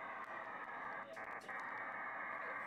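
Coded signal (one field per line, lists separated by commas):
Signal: HF data modem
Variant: PACTOR 4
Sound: continuous dense hissing data block, brief break near middle, steady level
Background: radio static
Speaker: This is way faster than VA. But um yeah, Bakto 4 also have some problems because of the QRM.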